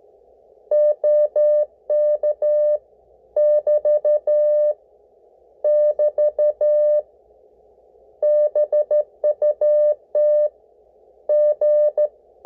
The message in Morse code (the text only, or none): OK <BT> <BT> BUT G